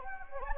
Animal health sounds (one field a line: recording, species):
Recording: mosquito wingbeat signal from an infrared sensor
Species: Anopheles gambiae